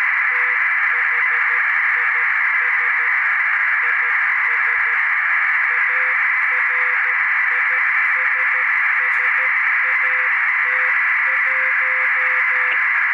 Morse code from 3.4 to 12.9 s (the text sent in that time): IS ARISSAT1